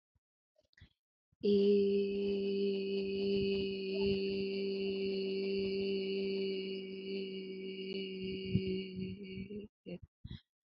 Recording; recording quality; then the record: sustained vowel as in made; excellent, no background noise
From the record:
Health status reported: healthy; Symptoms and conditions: none ticked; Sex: female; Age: 22 years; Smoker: not ticked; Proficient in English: yes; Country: India